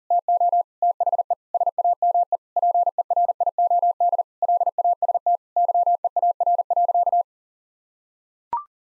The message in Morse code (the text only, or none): TO THE SAME PERIOD LAST YEAR.